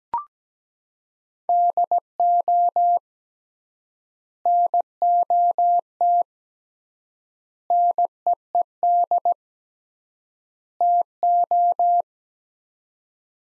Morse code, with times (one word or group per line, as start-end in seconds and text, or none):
1.5-3.0 DO
4.5-6.2 NOT
7.7-9.3 NEED
10.8-12.0 TO